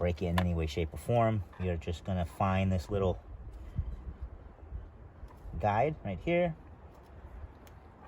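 Someone talks while lining up the one-way fuel pump harness connector with its small guide on the fuel pump assembly socket of a 2006 Mercedes-Benz E55 AMG, before pushing it in. Speech fills most of the clip, with quieter handling noise in the pause between phrases. Nothing has seated or clicked yet.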